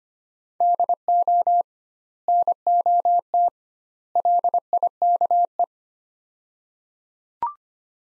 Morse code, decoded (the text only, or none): DO NOT LIKE